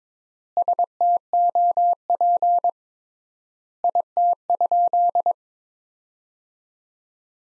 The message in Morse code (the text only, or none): STOP IT?